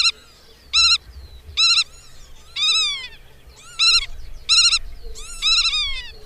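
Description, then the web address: Black-tailed godwit calls: nasal, ringing notes in brief clusters roughly every second, a few drawn-out and slurred downward, over a faint low rumble. "agykontroll Madardalok Cd 3. Nagy goda"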